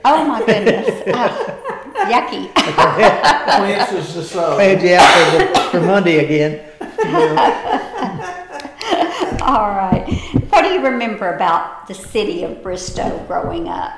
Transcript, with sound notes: Oh my goodness. Yucky. [Indecipherable] (Laughter) Alright. What do you remember about the city of Bristow growing up?